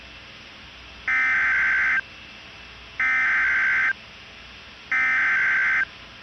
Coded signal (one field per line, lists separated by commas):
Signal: Emergency Alert System (SAME) tones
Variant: header bursts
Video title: EAS Scenario - Wrath of the Protogens